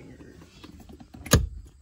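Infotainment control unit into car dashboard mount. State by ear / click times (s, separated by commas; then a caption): seated / 1.3 s. A new infotainment control unit (CMU) is pushed into its dashboard mount in a Miata, with soft handling rustles and small clicks leading up to it. It seats with one sharp snap at 1.3 s, and the unit has snapped right in.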